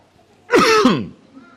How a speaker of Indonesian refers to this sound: Batuk tak ada bahasa Inggrisnya.